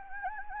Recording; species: mosquito wingbeat signal from an infrared sensor; Anopheles gambiae